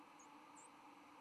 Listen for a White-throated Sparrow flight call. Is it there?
no